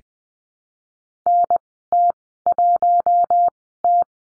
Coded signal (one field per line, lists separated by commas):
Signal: Morse code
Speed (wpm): 20 wpm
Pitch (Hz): 700 Hz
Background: none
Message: NT1T